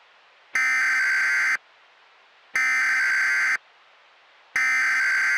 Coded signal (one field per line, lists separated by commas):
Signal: Emergency Alert System (SAME) tones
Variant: header bursts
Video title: SUPERGIANT: An EAS Scenario (Re-upload)